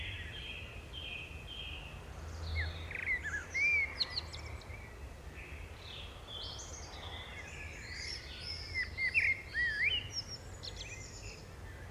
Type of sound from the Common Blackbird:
song